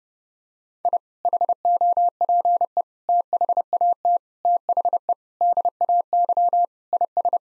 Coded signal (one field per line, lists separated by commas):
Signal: Morse code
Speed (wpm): 32 wpm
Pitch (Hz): 700 Hz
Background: none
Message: I HOPE THAT THE DAY IS